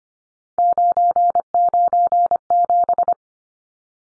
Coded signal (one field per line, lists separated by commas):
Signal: Morse code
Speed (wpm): 25 wpm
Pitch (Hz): 700 Hz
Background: none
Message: 997